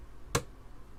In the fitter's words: you heard it click there that